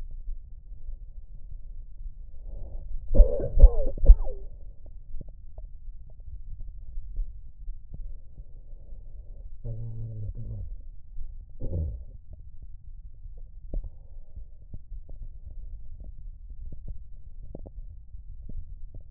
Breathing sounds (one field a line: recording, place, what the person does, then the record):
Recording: lung sounds by stethoscope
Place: left anterior apical chest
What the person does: quiet breathing, then cough and speech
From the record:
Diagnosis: interstitial lung disease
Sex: male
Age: 66 years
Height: 172 cm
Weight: 107.6 kg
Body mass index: 36.4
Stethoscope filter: extended mode